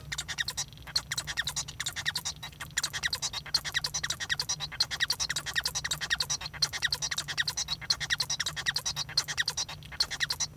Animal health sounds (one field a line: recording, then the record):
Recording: song of a male Bengalese finch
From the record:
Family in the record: son of father 1